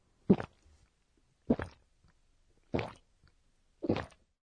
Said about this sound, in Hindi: लगता है कोई कुछ पी रहा है। जब कोई कुछ गटक कर पी रहा हो तो उस आवाज को बताने का जापानी शब्द है गोक गोक। और जब कोई कुछ जल्दी जल्दी पी रहा हो तब कहते हैं गाबू गाबू।